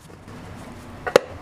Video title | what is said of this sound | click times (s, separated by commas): Toyota 4Runner Auto Transmission Replacement (Part 3 of 3) | we go snap slid in finally you just got to jiggle it around and get | 1.2 s